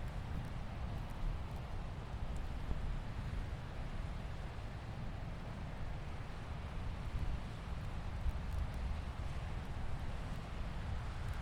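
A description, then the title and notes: Ambience at Jones Beach: a steady, dense roar with a heavy low rumble that never lets up across the whole stretch. Wind buffets the microphone throughout, and faint brief crackles flicker through the top now and then. Jones Beach.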